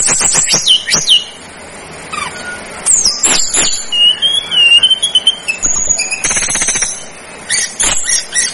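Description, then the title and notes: Snowy-browed flycatcher singing high, sweeping whistles and a wavering warbled phrase, with intermittent sharp clicks and rattling bursts. Masteran training recording for songbirds. "Masteran Tledekan Gunung Sikatan Gunung. BURUNG TLEDEKAN"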